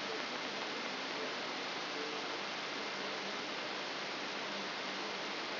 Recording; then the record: brain microelectrode recording played as sound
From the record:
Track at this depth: outside the subthalamic nucleus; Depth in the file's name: 5.701 mm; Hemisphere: left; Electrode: 3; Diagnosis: Parkinson's disease